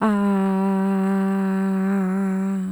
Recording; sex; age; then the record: sustained vowel /a/; female; 40 to 49 years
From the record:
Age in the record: 46 years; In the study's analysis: included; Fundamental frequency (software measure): 192 Hz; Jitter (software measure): 0.47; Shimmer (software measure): 0.54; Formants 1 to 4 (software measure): 918 Hz, 1922 Hz, 2987 Hz, 3884 Hz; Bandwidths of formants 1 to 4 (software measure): 452 Hz, 400 Hz, 336 Hz, 397 Hz